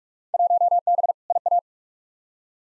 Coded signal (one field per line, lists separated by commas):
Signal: Morse code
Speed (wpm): 42 wpm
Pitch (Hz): 700 Hz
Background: none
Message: 1B IA